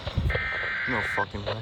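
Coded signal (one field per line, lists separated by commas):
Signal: Emergency Alert System (SAME) tones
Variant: header bursts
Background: speech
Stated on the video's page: Received severe thunderstorm warning for central Montgomery County, Maryland, with 80 mph wind gusts expected.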